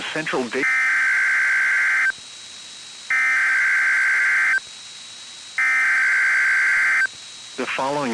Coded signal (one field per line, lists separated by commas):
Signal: Emergency Alert System (SAME) tones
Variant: header bursts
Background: speech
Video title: EAS Mini-Compilation: Dallas-Fort Worth, Texas AMBER Alert (WBAP-AM/NOAA Weather Radio)